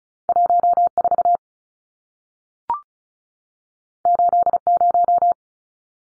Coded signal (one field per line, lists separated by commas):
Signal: Morse code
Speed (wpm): 36 wpm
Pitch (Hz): 700 Hz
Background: none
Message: 14 80